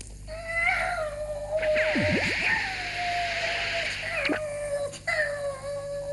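A cat named Three Meow (Tlatmiu), injured with scratches and being treated with mustard ointment, lets out a long, drawn-out protesting meow that wavers and rises, with harmonic, whining tones and a few sharp yowling swoops, continuing for several seconds with no talking.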